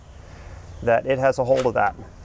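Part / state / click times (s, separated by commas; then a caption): locking pin into trailer coupler latch / not seated / none. Someone talks over low background noise while handling a metal locking pin at the latch of a boat trailer coupler that has just been latched over the hitch ball. The pin is about to be pushed in, but nothing has seated or clicked yet.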